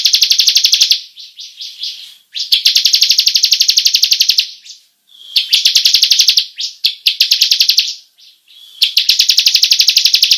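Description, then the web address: Bar-winged prinia song of sustained rapid rolling trills of high notes, coming in repeated long bursts with short soft interludes. Long rolling song style, locally called ngerol panjang. "ciblek suara-burung-ciblek-ngerol-panjang"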